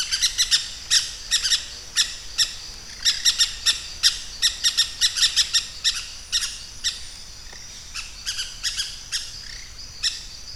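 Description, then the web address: Pyrrhura parakeet calling: sharp grating squawks repeated rapidly in irregular clusters, tapering to fainter, spaced notes near the end. "parrots pyrrhura"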